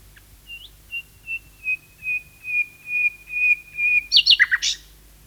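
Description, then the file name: Common nightingale song opening with a slow run of pure whistled notes that grow steadily louder, ending in a quick harsh chattering flourish. "Nachtegaal 2-Sound Cloud - Beeld en Geluid"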